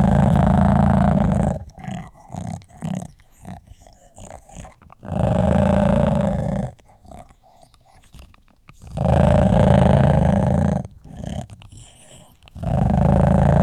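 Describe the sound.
Dog growling in long rumbling bursts, separated by quieter, broken stretches.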